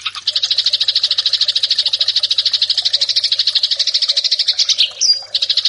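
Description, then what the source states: Eurasian tree sparrow calls: a relentless fast rattle of sharp, buzzy chirps, briefly broken by a short higher note near the end. Eurasian tree sparrow fighting call, prepared as a master track for training birds.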